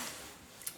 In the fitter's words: see what happened there is the magazine release kind of jumped and it clicked into place